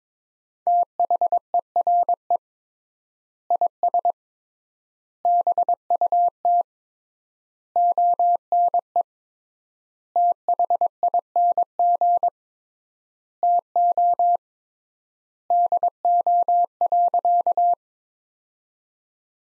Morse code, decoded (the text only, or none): THERE IS BUT ONE THING TO DO.